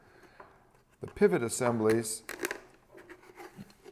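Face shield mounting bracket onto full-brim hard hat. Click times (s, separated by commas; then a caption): 0.4 s. A face shield mounting bracket is pushed over one side of a full-brim hard hat and brought forward until it snaps on over the front brim, giving a single short click at 0.4 s. Someone then talks, and a few faint handling taps follow. The bracket is seated on the helmet brim.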